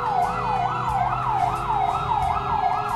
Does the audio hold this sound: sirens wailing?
yes